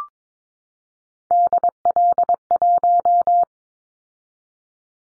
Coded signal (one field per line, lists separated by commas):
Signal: Morse code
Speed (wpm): 22 wpm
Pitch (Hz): 700 Hz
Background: none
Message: DL1